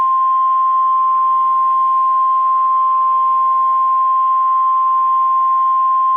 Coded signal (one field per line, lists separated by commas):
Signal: Emergency Alert System (SAME) tones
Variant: 1050 Hz attention tone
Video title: EAS Scenario - Barney Error By T3chyy (X-TRA REMASTERED) (SNEAK PEEK 2)